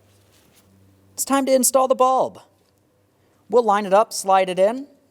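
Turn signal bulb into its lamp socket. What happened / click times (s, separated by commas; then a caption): The part is being lined up but has not clicked into place yet / none. A new front directional (turn signal) bulb for a 2004-2008 Pontiac Grand Prix is lined up and slid toward its plastic lamp socket while someone talks, with only faint ticks near 2.7 and 2.8 seconds. Nothing has seated or clicked yet; the clip ends before the bulb goes home.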